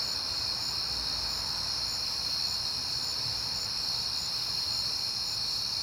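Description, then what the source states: Crickets sustain a steady high chorus over a low rushing background. Crickets at night in September, on a peaceful night.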